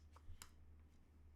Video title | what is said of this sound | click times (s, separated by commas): Moza Slypod E: 3-Year Review & Why I'm Upgrading to Slypod Pro in 2024? | and you just kind of click them up when you don't want them. They fold up. | 0.2 s, 0.4 s